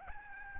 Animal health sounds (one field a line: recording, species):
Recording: mosquito wingbeat signal from an infrared sensor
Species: Aedes albopictus